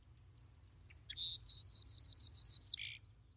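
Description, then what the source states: Song Sparrow song: a few high introductory notes, a short buzzy burst, then a quick even trill of bright notes ending in a lower buzz. Song presented as one of the first sounds of spring.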